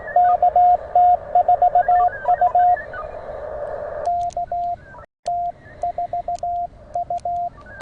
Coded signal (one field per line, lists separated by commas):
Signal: Morse code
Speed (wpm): 16 wpm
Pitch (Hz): 700 Hz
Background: radio noise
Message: KT4U KT4U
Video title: POTA in CW at Dunbar Cave State Park